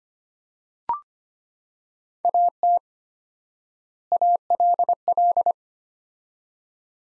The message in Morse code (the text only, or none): AT ALL